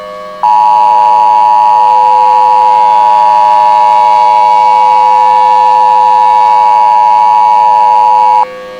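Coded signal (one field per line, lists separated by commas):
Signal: Emergency Alert System (SAME) tones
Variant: 853 and 960 Hz attention tone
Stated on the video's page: Simulated, solo-made EAS scenario of a severe weather outbreak in the Ozarks.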